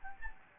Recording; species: mosquito wingbeat signal from an infrared sensor; Aedes albopictus